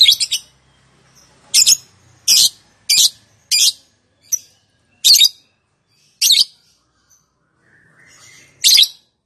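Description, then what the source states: Lovebird giving shrill, harsh squawking chirps in uneven bursts, with short silent gaps between them. Song style named "konslet".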